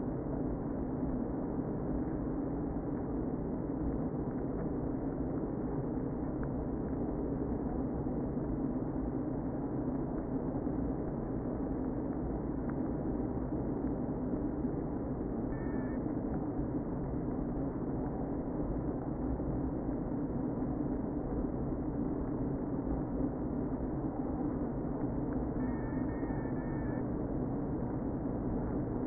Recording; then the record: honeybee colony, microphone inside the hive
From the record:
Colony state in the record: queen present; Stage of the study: before two queens were removed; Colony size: about 60,000 bees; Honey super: yes